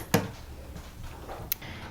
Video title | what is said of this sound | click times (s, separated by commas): Cardani Plastic Folding Wig Stand | And it does have the same little notches that you'll just go ahead and pop into place. | 0.1 s, 1.5 s